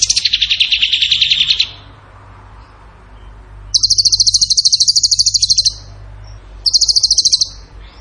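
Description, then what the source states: Bird song: a lower buzzy trill followed, after a pause, by two higher, rapid pulsed trills. Masteran training recording; tembakan gacor song style.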